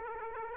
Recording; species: mosquito wingbeat signal from an infrared sensor; Aedes aegypti